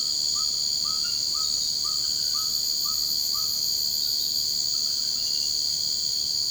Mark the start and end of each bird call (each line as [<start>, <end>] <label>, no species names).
[0.00, 3.51] bird call